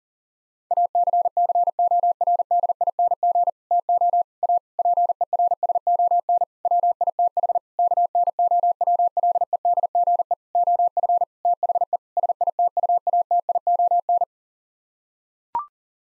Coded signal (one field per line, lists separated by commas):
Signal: Morse code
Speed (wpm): 40 wpm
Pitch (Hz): 700 Hz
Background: none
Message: ACCORDING TO A PERSON WITH KNOWLEDGE OF THE SITUATION